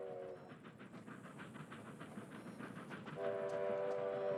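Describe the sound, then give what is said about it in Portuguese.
A train rumbles past on the tracks with a steady rhythmic clatter of wheels, while a loud, sustained horn blares at the start and again toward the end. “Sai desses trilhos, você é louco. Desviar de um trem.”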